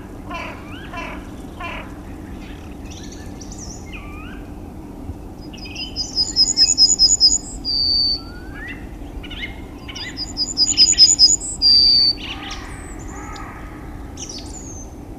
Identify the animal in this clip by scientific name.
Emberiza citrinella